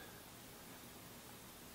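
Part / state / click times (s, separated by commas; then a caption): winding stem into automatic watch movement / not seated / none. A winding stem is gently wiggled around inside an automatic watch movement to line it up, heard only as a steady, broadband noise-like hiss with no distinct impacts. The stem is not yet seated, and nothing has clicked in this stretch.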